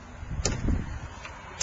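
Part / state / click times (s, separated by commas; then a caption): top pivot hinge pin into glass door pivot bracket / seated / 0.5 s, 1.6 s. The top pivot hinge pin of a commercial glass storefront door is pushed down from above into its glass door pivot bracket until it snaps into its seat. Sharp clicks land at 0.5 s and 1.6 s over a low rumble, with a softer tick near 1.3 s. The pivot is seated in place.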